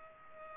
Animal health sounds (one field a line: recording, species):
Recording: mosquito wingbeat signal from an infrared sensor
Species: Culex pipiens